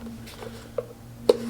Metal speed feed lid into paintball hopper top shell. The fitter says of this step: you throw a speed feed on here quick and easy just snaps into place there